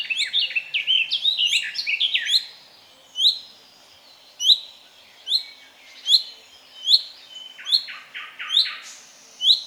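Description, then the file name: Common chaffinch calling: a jumbled burst of chirpy notes at first, then clear, sharp notes repeated a little under once a second. "Fringilla coelebs"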